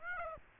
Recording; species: mosquito wingbeat signal from an infrared sensor; Aedes aegypti